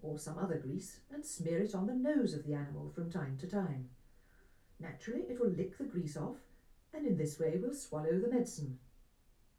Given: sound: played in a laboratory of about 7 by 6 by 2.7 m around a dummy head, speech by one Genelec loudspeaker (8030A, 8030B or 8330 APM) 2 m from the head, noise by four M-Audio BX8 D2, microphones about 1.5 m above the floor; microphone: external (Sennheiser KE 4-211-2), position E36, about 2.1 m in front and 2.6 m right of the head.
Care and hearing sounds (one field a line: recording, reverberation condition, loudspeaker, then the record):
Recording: female speech in English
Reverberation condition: low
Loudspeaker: 120 degrees to the right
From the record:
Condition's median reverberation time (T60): about 310 ms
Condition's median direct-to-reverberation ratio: about 3.5 dB